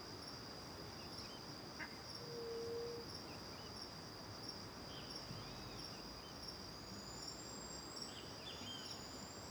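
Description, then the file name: Crickets trilling steadily high, a short low hoot early, and scattered soft bird calls through the second half. Recorded in the morning with back to the river near the Angelica cave; several birds present; crickets first far away, then nearby; AB stereo recording. "De costas para o rio perto da caverna angelica de manha, varios passaros, grilos longe e depois perto, gravacao em ab"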